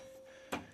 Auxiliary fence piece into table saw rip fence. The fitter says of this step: and locks in place and that'll get you um closer to the blade